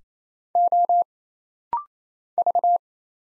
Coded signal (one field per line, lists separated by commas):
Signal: Morse code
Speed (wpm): 27 wpm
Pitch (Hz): 700 Hz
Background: none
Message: O V